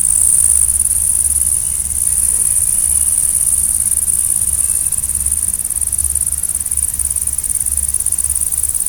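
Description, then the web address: Grasshopper song as an unbroken, very high, thin buzzing hiss lasting throughout, with a constant low hum beneath. "heuschrecken sound"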